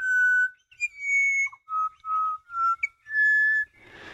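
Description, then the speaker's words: Pied butcherbird song of pure, fluted whistles, a run of about six sustained notes stepping between pitches, ending as a soft rustle begins. Dawn song in Australia; black and white bird about the size of a jay, fairly common. "Now we're hearing another of the beautiful dawn voices of Australia. The pied butcher bird."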